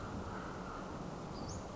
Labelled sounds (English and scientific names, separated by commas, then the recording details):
Western Flycatcher (Empidonax difficilis)
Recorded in Sonoma County, California